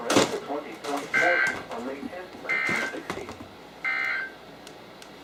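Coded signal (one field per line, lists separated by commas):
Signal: Emergency Alert System (SAME) tones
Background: speech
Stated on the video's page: NOAA Weather Radio flood warnings from the Sterling, VA office on 162.550, 162.475 and 162.450 MHz, received on RadioShack, Sangean, Midland, Maxon and Reecom weather radios.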